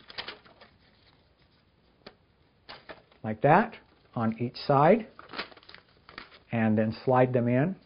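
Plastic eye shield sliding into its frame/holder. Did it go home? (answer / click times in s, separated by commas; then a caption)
no / none. A folded plastic eye shield lens is handled and slid toward its frame while assembling a pandemic protection kit. Someone talks, with soft crinkling plastic and brief light taps around 0.1, 2.1, 2.9, 5.7 and 6.2 seconds. Nothing has seated or clicked yet.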